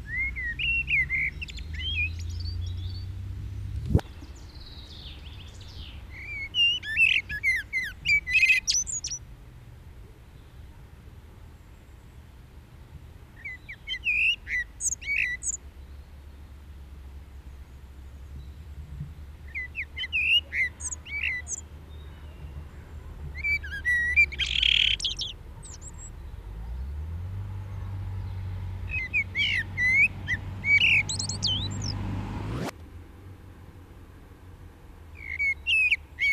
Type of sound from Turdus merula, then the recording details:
song. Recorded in the wild. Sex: male. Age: adult. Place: Garmisch-Partenkirchen, Bayern, DE. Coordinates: 47.4817, 11.24. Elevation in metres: 941. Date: 1969-04-11. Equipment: Uher 4000 Report, Sennheiser MKH 405. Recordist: Tretzel, Erwin